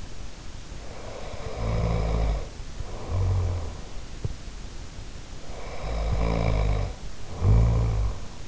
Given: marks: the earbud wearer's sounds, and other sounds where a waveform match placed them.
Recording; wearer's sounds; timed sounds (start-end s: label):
sounds in sleep by an in-ear microphone; snoring breath
0.91-4.13 s: snoring breath
5.30-8.48 s: snoring breath